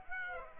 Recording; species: mosquito wingbeat signal from an infrared sensor; Aedes aegypti